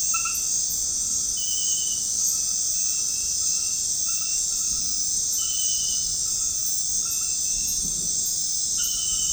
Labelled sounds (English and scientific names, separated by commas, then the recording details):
none
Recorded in pastures near Puerto Asís, Putumayo, Colombia, on 13 March 2025 at 21:30
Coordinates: 0.502, -76.324
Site GP07